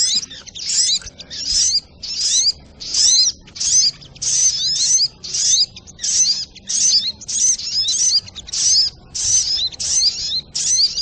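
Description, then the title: Crimson Sunbird song, rapid high chattering bursts of twittering notes, about fifteen phrases repeated roughly every 0.7 seconds with short gaps. Masteran recording for training cage birds, titled Labaik. "Masteran Burung Sogok Ontong Labaik"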